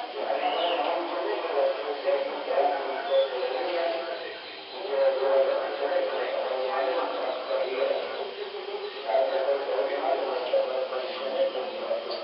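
A night in rural Chiapas during the town fair: a dense, steady murmur of voices and crowd chatter with a brief lull near five seconds.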